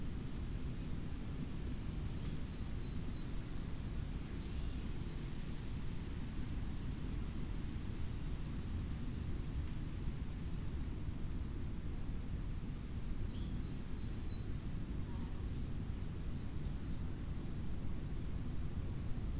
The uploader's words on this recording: Warning: wind clipping audio throughout (especially in the left ear). Windy day in an oak and hickory stand adjacent to a mill pond.